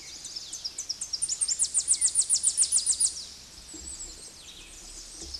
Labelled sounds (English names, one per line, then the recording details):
Tennessee Warbler song
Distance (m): 25 m
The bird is about 25 m above the microphone
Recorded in a Pennsylvania forest on 16 May 2024 at 09:58
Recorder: AudioMoth, point MSD-0407
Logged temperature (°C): 15.8 °C
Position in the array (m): 64 m, 171 m